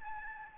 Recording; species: mosquito wingbeat signal from an infrared sensor; Aedes albopictus